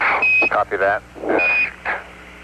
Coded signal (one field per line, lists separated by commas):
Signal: Quindar tones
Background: speech